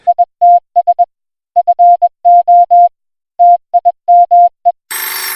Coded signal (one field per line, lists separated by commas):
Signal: Morse code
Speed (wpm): 21 wpm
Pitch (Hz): 700 Hz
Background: none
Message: ITS FO TIME